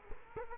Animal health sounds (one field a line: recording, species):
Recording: mosquito wingbeat signal from an infrared sensor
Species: Culex quinquefasciatus